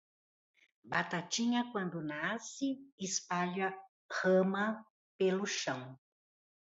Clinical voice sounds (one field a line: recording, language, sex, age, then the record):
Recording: short text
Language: Brazilian Portuguese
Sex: female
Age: 60 to 69 years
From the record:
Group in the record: control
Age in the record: 67 years